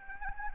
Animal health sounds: mosquito wingbeat signal from an infrared sensor; Anopheles arabiensis

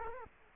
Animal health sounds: mosquito wingbeat signal from an infrared sensor; Culex quinquefasciatus

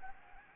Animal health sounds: mosquito wingbeat signal from an infrared sensor; Anopheles gambiae

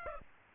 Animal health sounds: mosquito wingbeat signal from an infrared sensor; Aedes aegypti

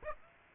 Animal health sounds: mosquito wingbeat signal from an infrared sensor; Aedes aegypti

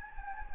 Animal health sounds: mosquito wingbeat signal from an infrared sensor; Anopheles gambiae

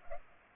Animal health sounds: mosquito wingbeat signal from an infrared sensor; Culex pipiens

